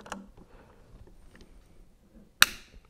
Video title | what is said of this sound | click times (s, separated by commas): Borka Tools PTL - Precision Torque Limiter Review Ep1524 | there's the click. | 2.4 s